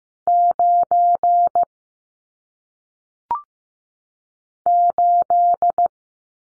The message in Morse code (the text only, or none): 9 8